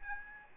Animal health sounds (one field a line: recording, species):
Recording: mosquito wingbeat signal from an infrared sensor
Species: Aedes albopictus